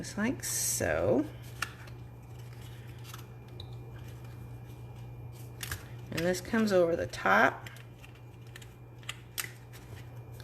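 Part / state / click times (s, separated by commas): cardstock box lid tab into its locking slot / seated / 9.4 s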